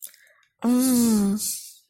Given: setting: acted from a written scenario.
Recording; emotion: vocal sound without words; ecstasy